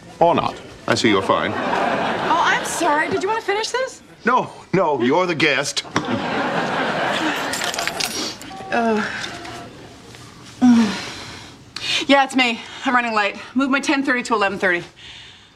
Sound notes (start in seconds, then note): 1.4 laughter; 5.8 laughter; 9.1 soundbite of phone dialing